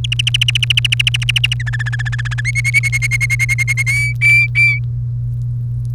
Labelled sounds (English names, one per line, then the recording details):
Domestic Canary song
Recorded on 30 April 2018 at 17:48
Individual llb3